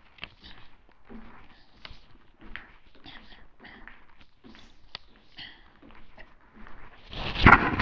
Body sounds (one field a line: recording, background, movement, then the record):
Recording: throat clearing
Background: quiet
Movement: walking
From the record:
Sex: female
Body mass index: 25.5 kg/m2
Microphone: on the chest, facing the body